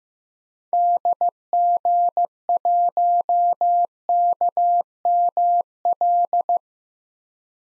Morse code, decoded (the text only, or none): DG1KML